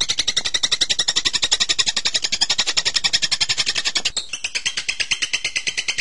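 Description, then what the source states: Bird chattering rapidly in a continuous stream of high, scratchy notes, shifting to slightly slower, clearer chirps after about four seconds. Masteran birdsong training recording of bird sounds.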